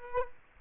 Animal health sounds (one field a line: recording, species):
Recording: mosquito wingbeat signal from an infrared sensor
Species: Culex quinquefasciatus